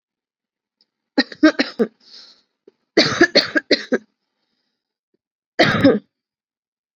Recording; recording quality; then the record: heavy voluntary cough; excellent, no background noise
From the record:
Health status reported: respiratory illness, not identified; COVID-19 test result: not tested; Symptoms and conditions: sore throat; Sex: female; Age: 28 years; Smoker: not ticked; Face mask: not worn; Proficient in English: yes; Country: India